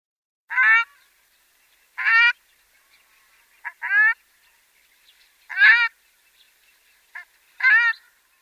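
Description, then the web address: Ruddy shelduck giving seven loud, nasal, goose-like honks, each short and harsh, spaced irregularly over about eight seconds with quiet between them. "Uzbek hayvonlar. Tadorna ferruginea"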